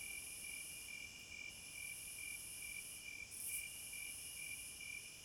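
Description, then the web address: Crickets singing: regular high chirps roughly twice per second over a high shrill trill, with a brief bright burst near the middle. Crickets at midnight. "Sleep Sounds of Nature CRICKETS Midnight Serenade"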